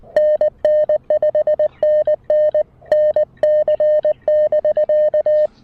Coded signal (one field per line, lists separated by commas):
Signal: Morse code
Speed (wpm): 19 wpm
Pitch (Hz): 590 Hz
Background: none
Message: NN 5NN NC <BK>